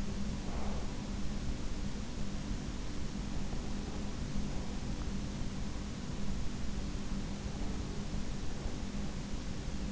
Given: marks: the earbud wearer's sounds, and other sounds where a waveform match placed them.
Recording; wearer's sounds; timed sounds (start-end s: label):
sounds in sleep by an in-ear microphone; breath
0.00-1.31 s: breath